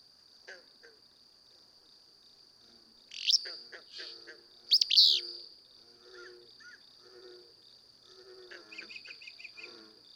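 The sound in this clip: Willow flycatcher song, two sneezy phrases close together, amid a persistent high hum and scattered chirps and a short trill from other birds.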